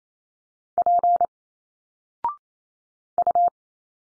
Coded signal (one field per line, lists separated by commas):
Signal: Morse code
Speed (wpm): 28 wpm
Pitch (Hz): 700 Hz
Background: none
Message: P U